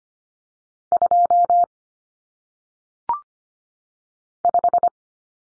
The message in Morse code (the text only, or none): 2 5